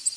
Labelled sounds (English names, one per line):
Tennessee Warbler flight call